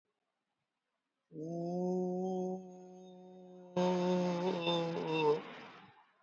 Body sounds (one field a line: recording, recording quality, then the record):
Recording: sustained vowel as in boot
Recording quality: moderate, slight background noise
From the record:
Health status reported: exposed to COVID-19, no respiratory illness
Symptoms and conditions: cold, diabetes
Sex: male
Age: 52 years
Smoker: no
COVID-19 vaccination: both doses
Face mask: worn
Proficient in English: yes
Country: India